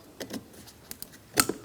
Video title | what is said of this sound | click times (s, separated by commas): How to Remove Front Door Panels 2008-2016 Chrysler Town & Country | Audible click, light tug, proper orientation, slide it down. | 1.4 s